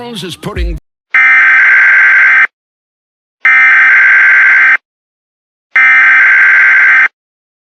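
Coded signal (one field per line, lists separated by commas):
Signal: Emergency Alert System (SAME) tones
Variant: header bursts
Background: speech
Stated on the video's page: Realistic mock AMBER alert, not a real alert, containing valid EAS tones.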